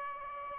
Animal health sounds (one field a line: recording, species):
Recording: mosquito wingbeat signal from an infrared sensor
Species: Aedes aegypti